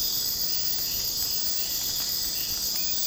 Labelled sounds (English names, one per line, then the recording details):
none
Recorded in secondary vegetation near Puerto Asís, Putumayo, Colombia, on 25 June 2025 at 03:00
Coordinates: 0.484, -76.319
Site G074